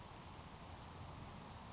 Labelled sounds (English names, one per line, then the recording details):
Grasshopper Sparrow
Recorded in Sonoma County, California